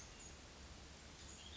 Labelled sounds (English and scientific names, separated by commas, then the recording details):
Cassin's Vireo (Vireo cassinii)
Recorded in Sonoma County, California